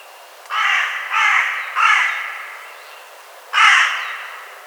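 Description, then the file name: Carrion crow with three quick harsh caws, a pause, then a fourth caw. "Corvus corone"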